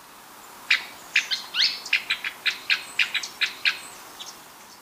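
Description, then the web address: Rufous-crowned Tody-Flycatcher giving a quick run of many sharp, clicky high notes, slightly uneven in rhythm, over a soft background hiss. Recorded in Ecuador. "Birds of Ecuador. Rufous-crowned Tody-Flycatcher"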